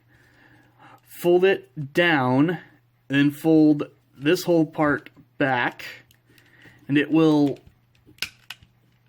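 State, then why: Seated. Someone talks while folding the plastic back section of a Voyager-class Nitro Zeus transforming robot toy down onto its body, which holds the arms and everything in place. A loud, sharp snap at 8.2 s marks the section locking in, followed by a few quieter plastic clicks.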